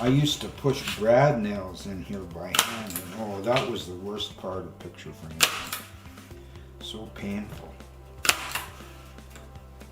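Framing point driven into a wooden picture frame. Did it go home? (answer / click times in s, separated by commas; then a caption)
yes / 8.3 s. A hand-held framer's point driver fires a flexible framing point into a wooden picture frame to hold the backing in place, while someone talks. A sharp click at 8.3 seconds drives the point home, and it is seated.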